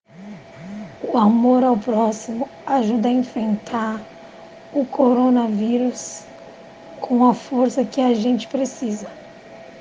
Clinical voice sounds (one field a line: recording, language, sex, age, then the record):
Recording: spoken sentence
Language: Brazilian Portuguese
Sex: female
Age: 20 to 29 years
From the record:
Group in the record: respiratory insufficiency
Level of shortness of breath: 5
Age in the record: 28 years